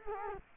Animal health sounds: mosquito wingbeat signal from an infrared sensor; Culex quinquefasciatus

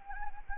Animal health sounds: mosquito wingbeat signal from an infrared sensor; Anopheles gambiae

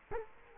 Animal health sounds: mosquito wingbeat signal from an infrared sensor; Culex quinquefasciatus

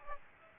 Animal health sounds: mosquito wingbeat signal from an infrared sensor; Aedes aegypti

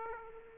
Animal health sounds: mosquito wingbeat signal from an infrared sensor; Aedes aegypti

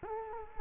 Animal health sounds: mosquito wingbeat signal from an infrared sensor; Culex quinquefasciatus

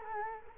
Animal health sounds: mosquito wingbeat signal from an infrared sensor; Culex quinquefasciatus

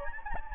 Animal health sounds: mosquito wingbeat signal from an infrared sensor; Anopheles gambiae

